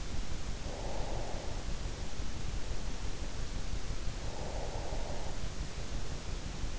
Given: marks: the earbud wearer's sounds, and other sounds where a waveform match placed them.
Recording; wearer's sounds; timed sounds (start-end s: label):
sounds in sleep by an in-ear microphone; breath
0.21-1.79 s: breath
4.18-6.25 s: breath